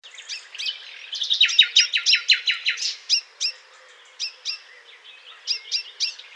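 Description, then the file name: Common chaffinch song: a rapid series of bright chipping notes ending in a flourish, followed by scattered short high calls. "Fringilla coelebs"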